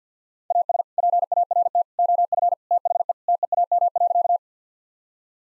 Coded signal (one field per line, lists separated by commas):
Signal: Morse code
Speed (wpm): 50 wpm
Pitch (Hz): 700 Hz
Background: none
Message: AS PART OF THE TEAM.